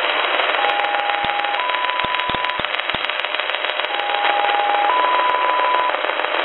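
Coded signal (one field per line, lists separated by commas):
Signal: numbers station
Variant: XPA-like polytone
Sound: steady tone stepping up once, repeated twice, over crackling impulsive radio static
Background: radio static, crackles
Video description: then a strong carrier tone, then what sounds like XPA polytone sync tones. (Numbers transmission starts around the 7:06 mark)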